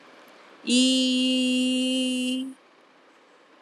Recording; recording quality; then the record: sustained vowel as in beet; excellent, no background noise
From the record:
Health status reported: healthy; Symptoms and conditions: none ticked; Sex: female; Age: 30 years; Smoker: not ticked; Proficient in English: yes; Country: India